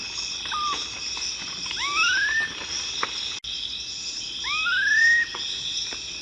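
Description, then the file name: Black-faced cotinga singing two drawn-out upslurred whistles, each climbing smoothly, with constant insect buzzing in the background. "Canto do anambe de cara preta"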